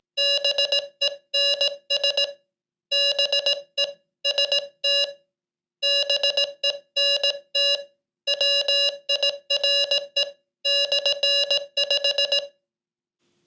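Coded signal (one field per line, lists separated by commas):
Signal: Morse code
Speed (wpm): 18 wpm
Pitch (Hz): 2850 Hz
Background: none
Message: BENS BE ST BENT WIRE /5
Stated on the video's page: Morse practice and POTA CW activation tones, possibly from a QRPGuys Code Trainer or Morserino-32 through a mini portable speaker.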